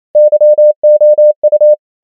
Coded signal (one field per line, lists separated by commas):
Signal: Morse code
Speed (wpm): 28 wpm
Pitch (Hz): 600 Hz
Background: none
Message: YOU